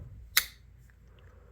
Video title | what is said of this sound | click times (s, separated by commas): Vintage Schrade Walden Model 204 Electrician's Knife | I just want you to hear the snap | 0.4 s